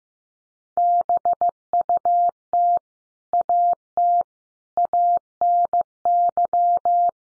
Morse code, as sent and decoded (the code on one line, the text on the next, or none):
-... ..- - / .- - / .- -. -.--
BUT AT ANY